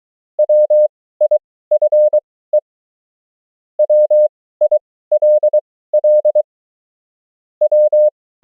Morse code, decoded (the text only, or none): WIFE WILL W